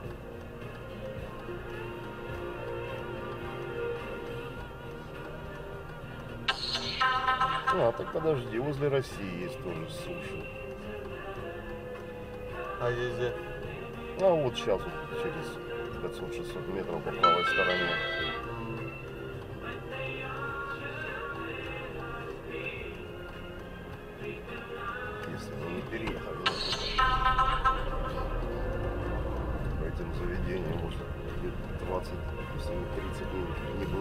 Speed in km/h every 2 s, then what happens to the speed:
0, 0, 0, 0, 0, 0, 0, 0, 0, 0, 0, 0, 0, 0, 7, 15, 17.
0-26 standing. 26-30 pulls away to 15.